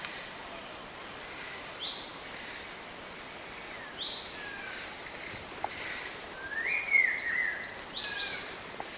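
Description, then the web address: Rufous-tailed antwren giving thin, high rising notes, some in quick series, over a steady hissing insect drone. Eastern lowlands of South America; both call and song. "Natures Songs S America Eastern Lowlands. Epinecrophylla erythrura, call and song"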